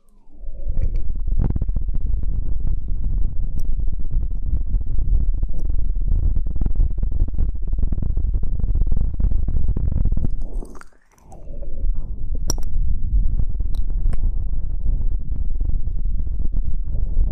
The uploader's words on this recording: Mouth Sounds.